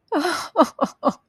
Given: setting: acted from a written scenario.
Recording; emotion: vocal sound without words; sadness